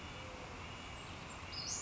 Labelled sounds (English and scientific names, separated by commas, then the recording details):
Western Flycatcher (Empidonax difficilis)
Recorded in Sonoma County, California